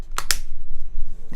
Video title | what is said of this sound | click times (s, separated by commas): Pixel 3 XL Poetic Full Protection Revolution and Guardian Cases | be going 45 you clicks back into place around the back | 0.2 s, 0.3 s